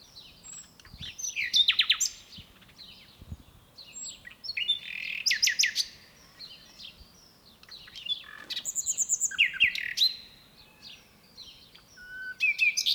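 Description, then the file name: Common nightingale song: bursts of rapid, loud repeated notes mixed with varied chirps and short whistles, with brief pauses between phrases. "Luscinia megarhynchos"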